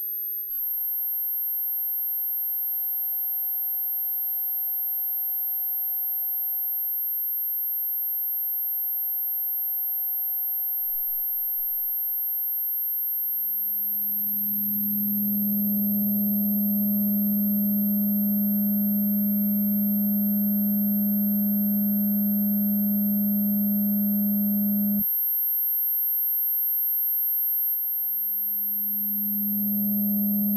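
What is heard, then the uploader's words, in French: A soft electronic drone hums beneath two thin, steady tones, one very high and one in the middle. Around fifteen seconds a low buzzing hum swells in with a faint rustle, cuts off abruptly near twenty-five seconds, then returns near the end. Gentiment, un doux drone bourdonne en ronron, un bruit blanc s'effiloche en bruissement, des gazouillis naissent autour d'un 10 kHz.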